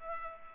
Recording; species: mosquito wingbeat signal from an infrared sensor; Culex pipiens